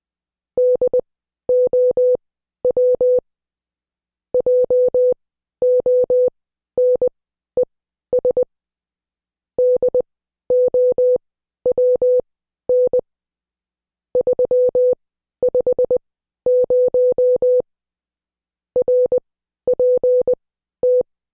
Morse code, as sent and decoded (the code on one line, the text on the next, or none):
-.. --- .-- / .--- --- -. . ... / -.. --- .-- -. / ...-- ..... ----- / .-. .--. -
DOW JONES DOWN 350 RPT